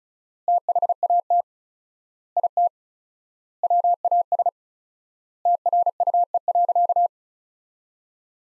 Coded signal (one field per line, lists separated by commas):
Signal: Morse code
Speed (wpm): 36 wpm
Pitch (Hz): 700 Hz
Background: none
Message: THAT IT WAS TRUE.